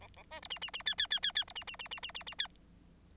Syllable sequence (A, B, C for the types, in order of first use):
A A B C D D D E E E E E C D D D D D D D E